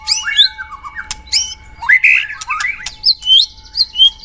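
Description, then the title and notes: White-rumped shama song: mixed squawky notes, rising whistles and sharp clicks in short bursts, over a faint steady hum. Lure (pikat) song of white-rumped shama. "Pikat Murai Batu. Burung Murai Batu"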